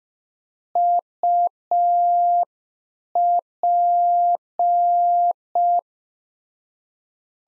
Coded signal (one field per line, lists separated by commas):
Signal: Morse code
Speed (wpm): 5 wpm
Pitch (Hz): 700 Hz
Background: none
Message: UP